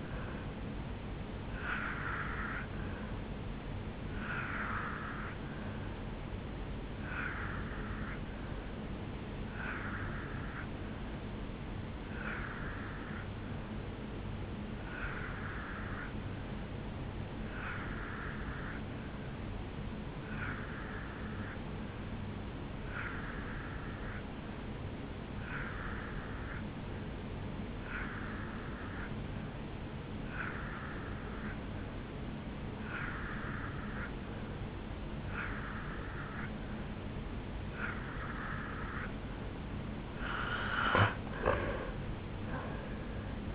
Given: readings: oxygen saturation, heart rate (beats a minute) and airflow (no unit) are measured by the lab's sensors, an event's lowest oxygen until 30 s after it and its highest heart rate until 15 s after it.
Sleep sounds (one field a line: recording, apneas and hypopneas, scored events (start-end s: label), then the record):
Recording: breathing in sleep by a voice recorder at the bedside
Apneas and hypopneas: 1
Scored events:
8.00-39.30 s: hypopnea (N3, oxygen 88% highest, then 83% lowest, heart rate 72 at the start, 77 highest)
25.00-43.55 s: new sleep stage, N2 (light sleep)
From the record:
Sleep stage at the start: N3 (deep sleep)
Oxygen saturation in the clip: 83 to 88%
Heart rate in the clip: 69 to 76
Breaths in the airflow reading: 16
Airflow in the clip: -6.3 to 6.2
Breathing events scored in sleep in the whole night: 449 in 7.0 hours asleep